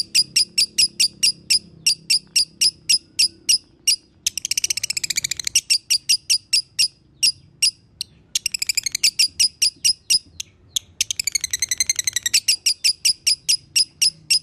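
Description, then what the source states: Lovebird chatter, quick high chirps in long series interrupted by three fast rattling trills. Used as a masteran (tutor recording) to make lovebirds sing konslet.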